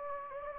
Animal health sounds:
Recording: mosquito wingbeat signal from an infrared sensor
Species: Anopheles gambiae

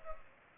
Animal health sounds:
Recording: mosquito wingbeat signal from an infrared sensor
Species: Culex pipiens

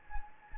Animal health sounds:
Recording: mosquito wingbeat signal from an infrared sensor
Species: Anopheles gambiae

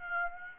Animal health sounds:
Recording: mosquito wingbeat signal from an infrared sensor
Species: Aedes aegypti

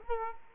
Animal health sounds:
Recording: mosquito wingbeat signal from an infrared sensor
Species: Culex quinquefasciatus

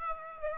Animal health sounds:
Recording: mosquito wingbeat signal from an infrared sensor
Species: Aedes aegypti

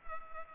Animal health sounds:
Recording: mosquito wingbeat signal from an infrared sensor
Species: Culex pipiens

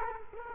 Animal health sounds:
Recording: mosquito wingbeat signal from an infrared sensor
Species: Culex quinquefasciatus

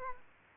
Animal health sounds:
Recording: mosquito wingbeat signal from an infrared sensor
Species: Aedes aegypti

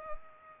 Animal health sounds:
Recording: mosquito wingbeat signal from an infrared sensor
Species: Culex pipiens

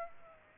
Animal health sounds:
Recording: mosquito wingbeat signal from an infrared sensor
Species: Aedes aegypti

